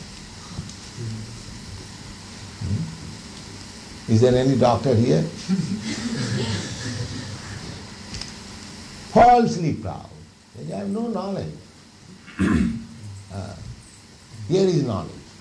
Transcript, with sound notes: Hmm? Is there any doctor here? [laughter] Falsely proud. They have no knowledge. Here is knowledge